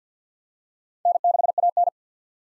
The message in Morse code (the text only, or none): N6AN